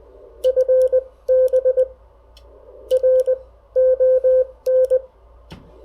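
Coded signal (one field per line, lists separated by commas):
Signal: Morse code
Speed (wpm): 18 wpm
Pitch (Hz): 510 Hz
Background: none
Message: FB RON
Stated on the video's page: Morse keyed on a newly reviewed VK6 paddle, tested for spacing and compared against a Bencher during a first contact.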